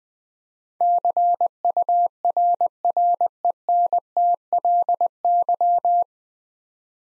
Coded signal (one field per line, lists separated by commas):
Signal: Morse code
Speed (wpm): 20 wpm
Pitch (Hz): 700 Hz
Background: none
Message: CURRENTLY